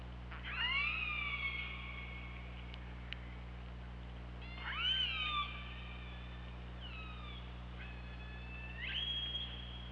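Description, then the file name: Killer whale calls, several harmonic-rich calls spaced a few seconds apart, over a steady low hum and background hiss. Recorded 24 August 2017 at about 23:38. "Orca Lab"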